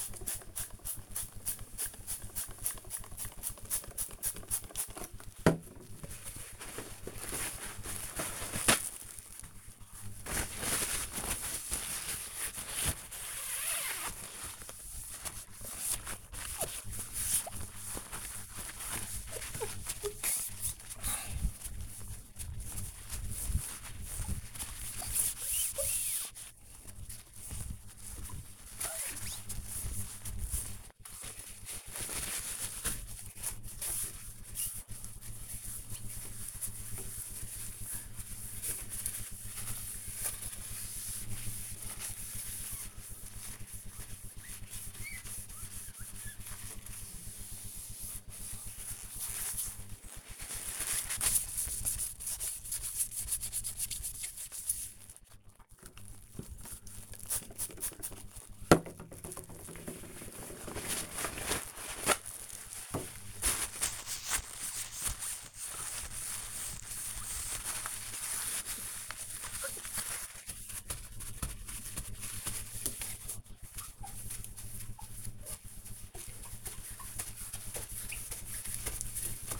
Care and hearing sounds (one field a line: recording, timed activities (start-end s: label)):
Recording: household activities, microphone on the right wrist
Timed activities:
0.00-79.60 s: window cleaning